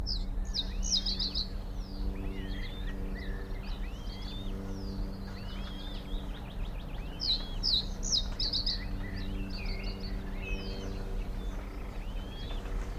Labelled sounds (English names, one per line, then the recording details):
Reed Bunting
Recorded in the wild
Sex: male
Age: adult
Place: Linum, Brandenburg, DE
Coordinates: 52.76, 12.88
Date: 1995-06-03 19:23
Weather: heiter, 15 °C
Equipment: Marantz CP 430, Sennheiser ME 80, Kopie Uher 4000 Report Monitor
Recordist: Tembrock, Günter
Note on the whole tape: Fischteiche: Gesang